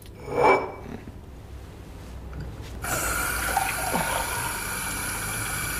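A short clink at the start, then a tap turns on and water runs steadily into a glass with a broad, bright hiss that stays even until the end, with no voices.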